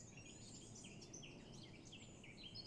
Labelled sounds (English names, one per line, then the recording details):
Eurasian Blackcap
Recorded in Germany
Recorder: ecoPi